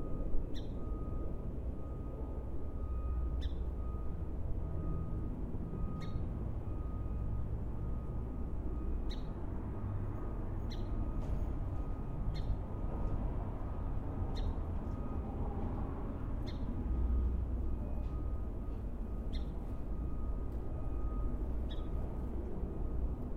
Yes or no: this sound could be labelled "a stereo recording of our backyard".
yes